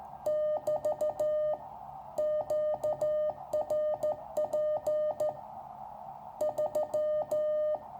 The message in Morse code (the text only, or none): <BT> QRP 3